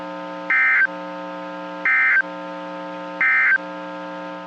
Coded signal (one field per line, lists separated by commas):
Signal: Emergency Alert System (SAME) tones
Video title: EAS 1126-1129 (10/27/21)